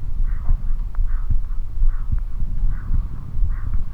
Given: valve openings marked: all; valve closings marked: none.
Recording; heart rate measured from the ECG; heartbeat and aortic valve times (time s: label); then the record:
heart sounds by stethoscope; 74 bpm
0.18 s: heartbeat (ECG mark)
0.25 s: aortic valve opens (echo mark)
1.00 s: heartbeat (ECG mark)
1.06 s: aortic valve opens (echo mark)
1.82 s: heartbeat (ECG mark)
1.88 s: aortic valve opens (echo mark)
2.63 s: heartbeat (ECG mark)
2.70 s: aortic valve opens (echo mark)
3.43 s: heartbeat (ECG mark)
3.49 s: aortic valve opens (echo mark)
From the record:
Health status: healthy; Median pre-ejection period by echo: 63 ms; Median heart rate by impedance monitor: 77 bpm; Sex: male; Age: 20 years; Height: 181 cm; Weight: 68 kg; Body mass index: 20.76